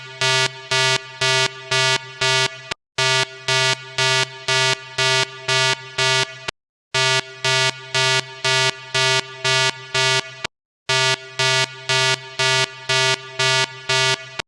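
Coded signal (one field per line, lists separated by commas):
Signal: none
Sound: electronic music beats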